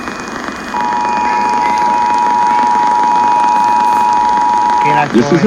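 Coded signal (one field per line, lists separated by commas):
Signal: Emergency Alert System (SAME) tones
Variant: 853 and 960 Hz attention tone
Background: speech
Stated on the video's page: Los Angeles County required monthly test with valid SAME headers, relayed by AM stations and also translated into Spanish.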